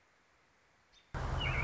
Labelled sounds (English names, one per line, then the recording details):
American Robin
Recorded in Sonoma County, California